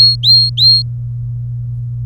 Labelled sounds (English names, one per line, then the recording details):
Domestic Canary song
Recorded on 24 April 2018 at 08:45
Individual llb3